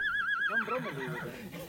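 A horse whinnies in a high, quavering trill that wavers rapidly, then drops into lower, shaky neighing tones before fading out, with no talking over it.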